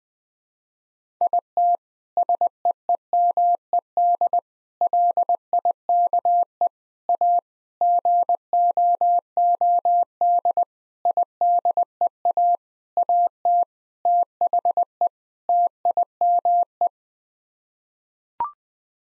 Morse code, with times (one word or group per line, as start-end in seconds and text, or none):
1.2-1.8 IT
2.2-4.4 SEEMED
4.8-6.7 LIKE
7.1-7.4 A
7.8-10.6 GOOD
11.1-12.6 IDEA
13.0-13.6 AT
14.1-15.1 THE
15.5-16.9 TIME